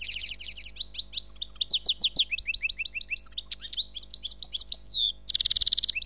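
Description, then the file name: Bird song of rapid high chirps and descending whistled notes in dense runs, with a buzzy trill near the end. "Seyreh - Bird Sound"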